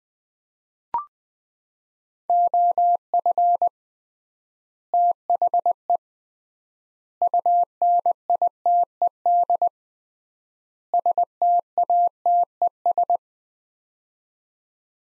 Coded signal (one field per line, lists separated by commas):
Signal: Morse code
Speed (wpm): 21 wpm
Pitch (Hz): 700 Hz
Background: none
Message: OF THE UNITED STATES